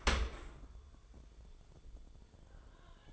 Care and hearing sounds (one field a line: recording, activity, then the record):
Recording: daily activity, microphone in the room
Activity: open dishwasher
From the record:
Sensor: 5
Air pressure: 1015.0 hPa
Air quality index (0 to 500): 110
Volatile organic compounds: 2 ppm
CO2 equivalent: 1190 ppm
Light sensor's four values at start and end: 34/79/32/31 and 35/80/32/32